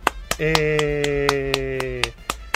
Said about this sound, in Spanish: No, pero tu aplauso yo creo que se escucha, ¿eh? Inténtalo. No, creo que no sonó nada.